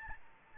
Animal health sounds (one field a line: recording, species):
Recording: mosquito wingbeat signal from an infrared sensor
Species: Aedes albopictus